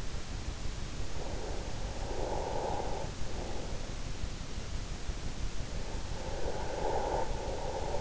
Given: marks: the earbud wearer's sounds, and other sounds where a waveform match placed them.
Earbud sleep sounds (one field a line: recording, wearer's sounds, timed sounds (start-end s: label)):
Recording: sounds in sleep by an in-ear microphone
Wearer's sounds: breath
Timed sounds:
1.23-3.35 s: breath
5.94-8.01 s: breath